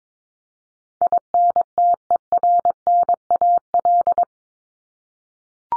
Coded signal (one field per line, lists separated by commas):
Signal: Morse code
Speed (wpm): 22 wpm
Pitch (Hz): 700 Hz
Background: none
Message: INTERNAL